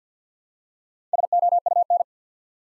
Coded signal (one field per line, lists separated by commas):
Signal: Morse code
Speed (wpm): 50 wpm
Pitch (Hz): 700 Hz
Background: none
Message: SOUN